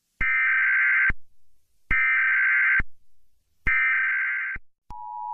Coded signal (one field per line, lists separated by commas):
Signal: Emergency Alert System (SAME) tones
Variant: header bursts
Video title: EAS Thermal